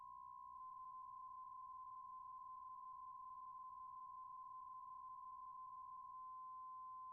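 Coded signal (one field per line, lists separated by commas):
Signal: PSK63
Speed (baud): 62.5 baud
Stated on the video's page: RSGB 3.5 MHz Autumn Series contest, livestreamed.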